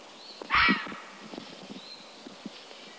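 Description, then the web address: Fisher gives a single rough screech, followed by soft rustles and light thumps, with a faint bird whistle in the background. "Fisher cat sound. fisher cat animal sound"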